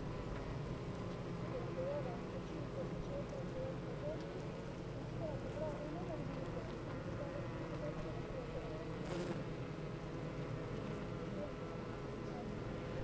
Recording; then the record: honeybee colony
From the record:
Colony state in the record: active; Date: 28 July 2017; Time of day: 8:35